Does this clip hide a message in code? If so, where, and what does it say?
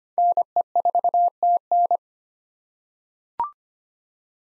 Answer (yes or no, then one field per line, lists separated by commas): yes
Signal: Morse code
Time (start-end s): 0.2-2.0 s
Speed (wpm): 25 wpm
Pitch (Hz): 700 Hz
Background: none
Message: NE4TN